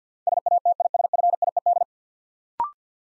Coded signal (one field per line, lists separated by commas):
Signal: Morse code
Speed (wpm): 48 wpm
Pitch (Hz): 700 Hz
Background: none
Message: SATISFIED